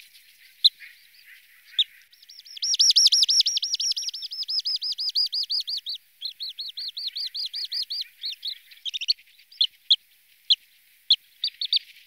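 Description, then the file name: Sandpiper trill: a loud run of rapid, looping repeated notes that weakens, followed by scattered sharp single calls. "Calidris"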